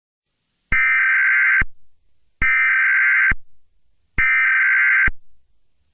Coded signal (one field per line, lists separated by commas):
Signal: Emergency Alert System (SAME) tones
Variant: header bursts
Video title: EAS Scenario #45: Rise of the Animal Kingdom